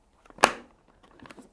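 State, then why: Seated. A plastic visor is pushed home onto the first side mechanism of an HJC RPHA-12 motorcycle helmet and snaps into place with a sharp click at 0.4 s, after a few faint taps. Quieter handling ticks follow as the lever retracts to the rear position. The visor is seated and the mechanism works as it should.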